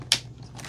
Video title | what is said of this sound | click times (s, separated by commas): AVIOS 2.2M KOBUZ POWER GLIDER UNBOX /BUILD by FGFRC #aviation #rc | Hear that click? All right. | 0.1 s